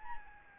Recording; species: mosquito wingbeat signal from an infrared sensor; Aedes albopictus